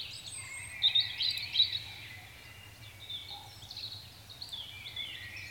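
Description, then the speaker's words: European robin song: a short burst of high, tinkling notes early on, then softer thin warbling over a low steady hum. Played as an example recording; a common small bird throughout Finland's coniferous forests, a thrush relative that starts singing very early. "Det som Levi också ville höra var hur låter Rödhaken?"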